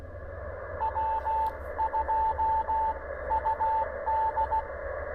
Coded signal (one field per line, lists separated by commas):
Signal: Morse code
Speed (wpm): 16 wpm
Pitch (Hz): 880 Hz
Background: radio noise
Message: W2UD